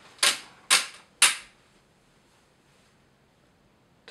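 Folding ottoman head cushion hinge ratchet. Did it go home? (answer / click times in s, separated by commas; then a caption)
yes / 1.2 s. The head cushion of a Sundial K405 folding ottoman is lifted until its hinge ratchet clicks into an angled position. Three sharp, bright clicks ring out at about 0.25, 0.7 and 1.2 seconds, and the ratchet seats with the loudest, final click at 1.2 s. After a quiet stretch, a brief softer noise follows near 4.1 seconds.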